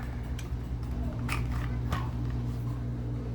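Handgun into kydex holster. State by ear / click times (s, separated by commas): seated / 1.3 s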